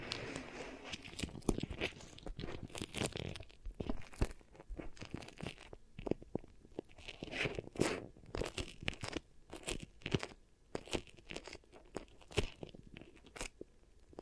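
Beeswax pressed and worked over the microphone makes dense, irregular crunching and crackling bursts, with sharp bright pops scattered throughout and brief quieter gaps.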